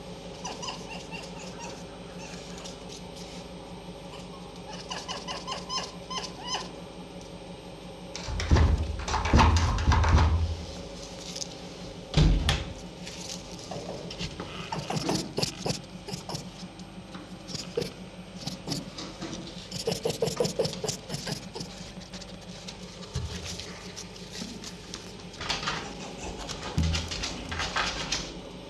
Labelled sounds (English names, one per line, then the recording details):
Red Fox
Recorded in captivity
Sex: diverse
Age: diverse
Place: Zoologisches Institut der HUB, Berlin, DE
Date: 1956-05-19 14:15
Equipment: Elmetra
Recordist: Tembrock, Günter